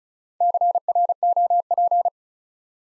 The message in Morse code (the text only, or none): CROP